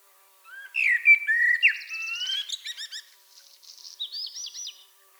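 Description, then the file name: Common blackbird song: a low fluted warble sliding around mid pitch, then a rapid, squeaky high twitter of repeated notes ending the phrase. "Turdus merula"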